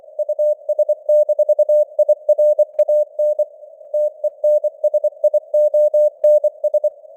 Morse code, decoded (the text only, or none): US-IRAN TENSIONS